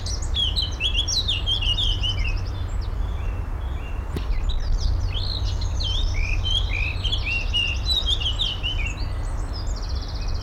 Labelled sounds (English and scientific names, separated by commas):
Eurasian Blackcap (Sylvia atricapilla)